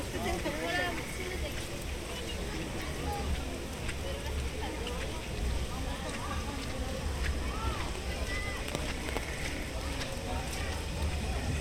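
A walk through Animal Kingdom park at Walt Disney World, filled with a steady wash of many overlapping voices talking at once. A low, constant rumble like an idling engine runs underneath, with scattered brief clicks and knocks throughout.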